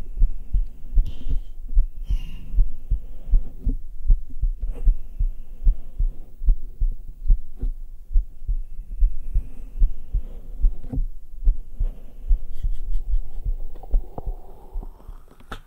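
Steady, soft, low thumps of an adult heartbeat at about 74 beats a minute, picked up on bare chest skin with a black 3Dio binaural microphone, in a long ASMR heartbeat session. Light rustling and handling noise from skin and clothing come and go in the background.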